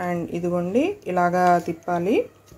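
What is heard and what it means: A plastic lid is being twisted onto a mixer juice jar to lock it against the handle, while someone talks throughout. The lid is handled but not yet home, so nothing has seated or clicked yet.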